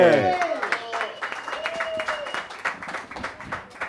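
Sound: audience applause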